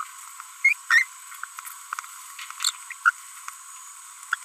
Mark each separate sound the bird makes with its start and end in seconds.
0.64-0.73, 0.91-1.04, 2.60-2.71, 3.06-3.10, 4.32-4.34